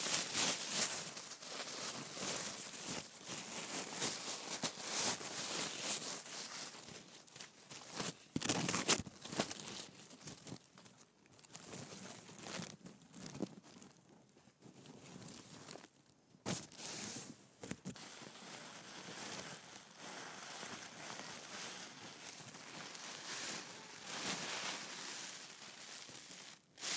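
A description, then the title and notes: Gift wrapping with tissue paper: continuous crinkling and rustling that swells and fades in irregular bursts. Sharper, louder crackles stand out around 8 to 9 seconds and near 16 seconds, with quieter, softer handling between. The sound stays bright and hissy throughout. ASMR Gift Wrapping and Tissue Paper.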